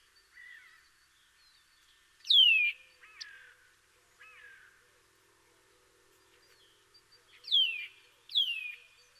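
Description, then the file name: Eurasian nuthatch sharp downslurred whistled calls, a few spaced notes with softer chirps between, quiet background. "Sitta europaea"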